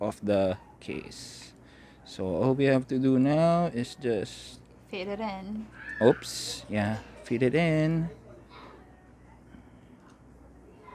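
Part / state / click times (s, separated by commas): protective case bottom shell onto earbud charging case base / not seated / none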